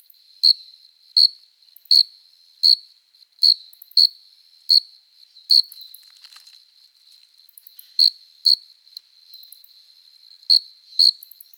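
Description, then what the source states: Cricket song: a long series of sharp high chirps, at first about every three-quarters of a second, then with gaps, over a faint continuous ringing. Singing cricket, recorded close up.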